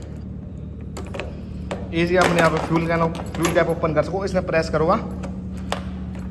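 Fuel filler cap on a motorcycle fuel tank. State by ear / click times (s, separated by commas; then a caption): seated / 5.7 s. The fuel filler cap on the tank of a Yamaha R15 V4 motorcycle is pressed down to close it. Someone talks through the middle of the clip, and faint ticks come earlier. A sharp hit at 5.7 s marks the cap latching shut and locking.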